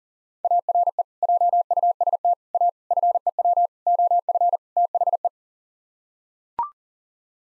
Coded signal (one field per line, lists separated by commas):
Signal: Morse code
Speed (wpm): 40 wpm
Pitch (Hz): 700 Hz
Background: none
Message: ARE JUST A FEW OF THE